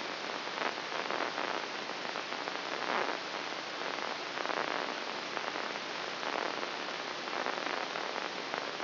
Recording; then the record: brain microelectrode recording played as sound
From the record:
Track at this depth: inside the subthalamic nucleus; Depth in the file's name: 3.313 mm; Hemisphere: left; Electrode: 3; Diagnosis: Parkinson's disease